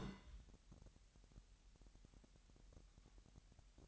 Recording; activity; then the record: daily activity, microphone in the room; place on stove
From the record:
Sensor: 3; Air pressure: 1001.9 hPa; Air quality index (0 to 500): 247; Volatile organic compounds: 49 ppm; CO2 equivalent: 3282 ppm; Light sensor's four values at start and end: 6/15/6/6 and 6/15/6/6